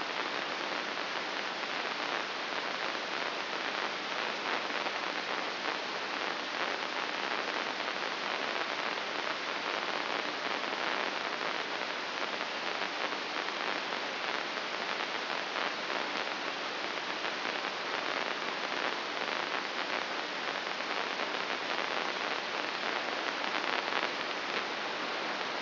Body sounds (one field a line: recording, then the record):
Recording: brain microelectrode recording played as sound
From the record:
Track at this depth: inside the subthalamic nucleus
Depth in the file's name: 5.816 mm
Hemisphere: left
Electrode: 2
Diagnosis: Parkinson's disease